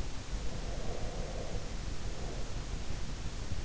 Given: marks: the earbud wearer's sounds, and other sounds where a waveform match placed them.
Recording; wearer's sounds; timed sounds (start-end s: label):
sounds in sleep by an in-ear microphone; breath
0.69-3.10 s: breath